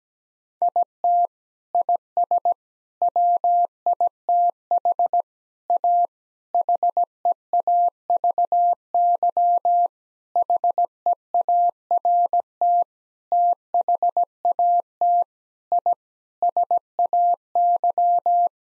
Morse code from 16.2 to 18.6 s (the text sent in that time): SAY